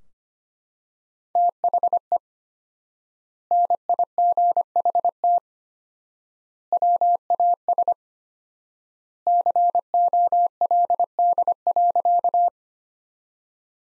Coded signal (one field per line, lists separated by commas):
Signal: Morse code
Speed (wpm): 25 wpm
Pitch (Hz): 700 Hz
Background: none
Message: THE NIGHT WAS COLD.